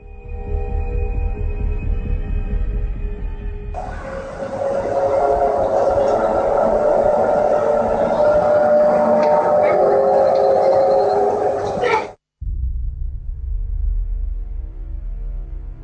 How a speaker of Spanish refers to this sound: Vamos a escuchar ese zumbido.